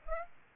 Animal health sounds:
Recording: mosquito wingbeat signal from an infrared sensor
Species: Aedes aegypti

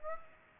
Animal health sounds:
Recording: mosquito wingbeat signal from an infrared sensor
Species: Aedes aegypti

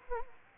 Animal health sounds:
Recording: mosquito wingbeat signal from an infrared sensor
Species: Anopheles arabiensis

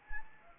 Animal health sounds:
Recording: mosquito wingbeat signal from an infrared sensor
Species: Anopheles arabiensis

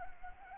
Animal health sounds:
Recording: mosquito wingbeat signal from an infrared sensor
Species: Anopheles arabiensis

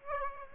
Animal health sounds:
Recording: mosquito wingbeat signal from an infrared sensor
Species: Aedes aegypti

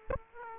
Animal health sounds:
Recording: mosquito wingbeat signal from an infrared sensor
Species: Aedes aegypti

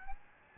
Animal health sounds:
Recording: mosquito wingbeat signal from an infrared sensor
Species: Aedes albopictus

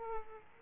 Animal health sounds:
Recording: mosquito wingbeat signal from an infrared sensor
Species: Aedes aegypti

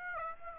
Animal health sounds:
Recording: mosquito wingbeat signal from an infrared sensor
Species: Aedes aegypti

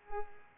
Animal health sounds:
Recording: mosquito wingbeat signal from an infrared sensor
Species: Culex pipiens

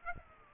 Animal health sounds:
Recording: mosquito wingbeat signal from an infrared sensor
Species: Aedes aegypti

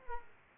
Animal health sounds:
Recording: mosquito wingbeat signal from an infrared sensor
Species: Aedes aegypti

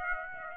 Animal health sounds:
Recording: mosquito wingbeat signal from an infrared sensor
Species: Aedes aegypti

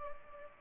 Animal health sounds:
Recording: mosquito wingbeat signal from an infrared sensor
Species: Culex pipiens

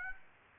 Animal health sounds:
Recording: mosquito wingbeat signal from an infrared sensor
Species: Aedes aegypti

